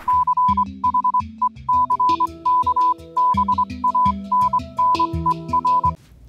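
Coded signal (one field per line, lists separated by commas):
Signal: Morse code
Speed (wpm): 21 wpm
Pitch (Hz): 1000 Hz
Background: music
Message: CHECK BANNER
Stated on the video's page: Morse from an alternate reality game.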